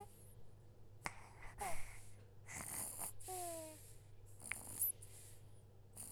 Baby snoring sound effect.